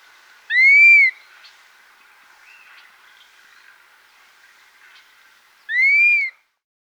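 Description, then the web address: Dusky-capped flycatcher calling with two mournful, slurred whistles that rise and fall, spaced about five seconds apart, with quiet background bird notes. Recorded in South America. "Natures Songs S America Dusky-Capped Flycatcher"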